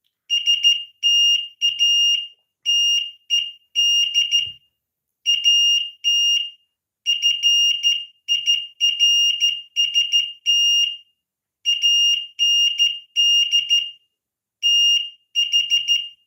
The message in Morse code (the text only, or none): STATED AT FIRST AND TH